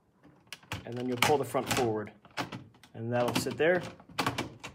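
Someone talks while fitting a door on a 15-inch, three-layer chick brooder, with short knocks and taps of handling as the front of the door is pulled forward against the frame. The green plastic locking lever has not been pushed down yet, and nothing has seated or clicked into place by the end of the clip.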